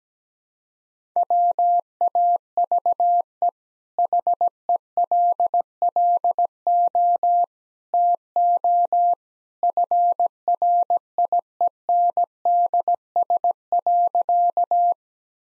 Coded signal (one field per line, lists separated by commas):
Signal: Morse code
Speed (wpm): 17 wpm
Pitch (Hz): 700 Hz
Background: none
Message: WAVE HELLO TO FRIENDS.